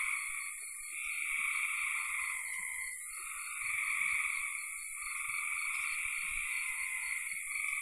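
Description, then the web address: Dense, continuous frog chorus of overlapping trills with no single caller standing out, plus faint low thumps and a high steady hiss. "cn frogs"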